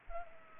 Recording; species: mosquito wingbeat signal from an infrared sensor; Culex pipiens